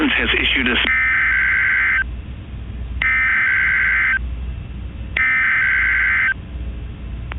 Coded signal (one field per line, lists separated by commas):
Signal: Emergency Alert System (SAME) tones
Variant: header bursts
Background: speech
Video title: The Freezing One: The Four Seasons (Part 2) - an EAS Scenario